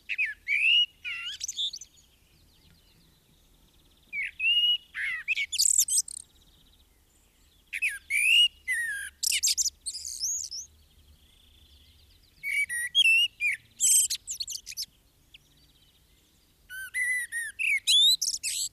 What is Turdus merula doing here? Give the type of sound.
song